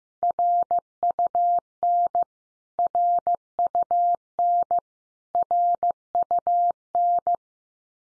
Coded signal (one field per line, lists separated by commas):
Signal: Morse code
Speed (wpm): 15 wpm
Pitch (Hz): 700 Hz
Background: none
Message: RUN RUN RUN